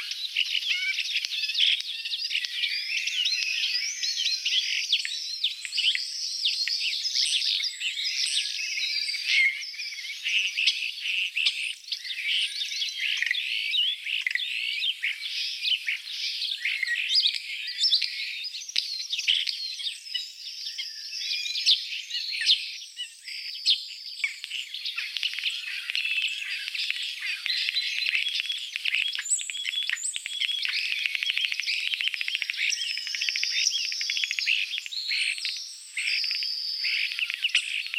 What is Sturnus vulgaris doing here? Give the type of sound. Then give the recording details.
song. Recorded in the wild. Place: Waltershofen / Freiburg im Breisgau, Baden-Württemberg, DE. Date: 1979-06-02. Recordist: Schwarz, Dieter